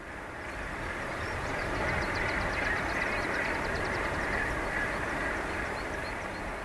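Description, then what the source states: Northern gannet colony noise, a dense continuous harsh clamour of many birds, like machinery, with a rapid ticking series of high notes above. Breeding colony of about 7,000 pairs nesting on Les Attaques (Garden Rocks) and swirling round it; heard from a couple hundred metres away; sounds like distant machinery, becoming a real clatter closer up.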